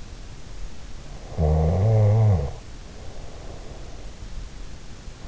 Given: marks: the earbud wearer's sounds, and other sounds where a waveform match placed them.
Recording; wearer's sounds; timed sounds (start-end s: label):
sounds in sleep by an in-ear microphone; snoring breath
1.28-4.25 s: snoring breath